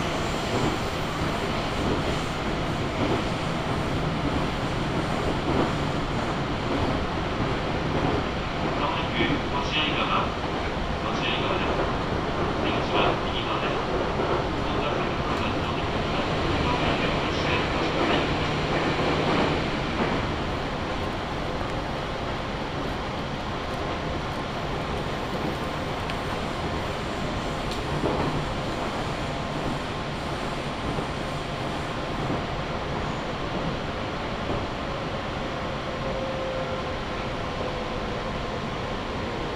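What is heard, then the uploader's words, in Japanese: Riding aboard a local train, a steady, dense rumble of wheels and motor fills the whole 40 seconds at a constant level. Between about 9 and 20 seconds, bright squeals and rattles rise above it, with occasional rail-joint clicks and a faint whine near the end. 中央西線 普通 中津川→十二兼。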